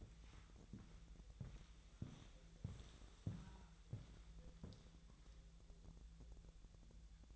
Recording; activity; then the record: daily activity, microphone in the room; walk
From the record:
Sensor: 3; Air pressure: 1002.0 hPa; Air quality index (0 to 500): 242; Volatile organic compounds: 112 ppm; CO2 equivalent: 3831 ppm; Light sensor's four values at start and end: 9/20/8/9 and 8/20/8/9